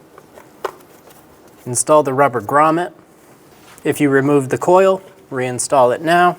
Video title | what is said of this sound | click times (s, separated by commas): How to Replace Cylinder Head Temperature Sensor 2000-2007 Ford Focus | Push until you hear a click. If you don't, give it a pull. Make sure it's locked on. | 0.6 s